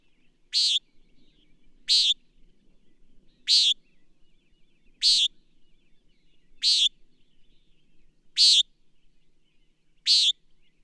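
Bird repeating a single sharp, high, buzzy chirp seven times at steady intervals of about one and a half seconds in an otherwise quiet setting.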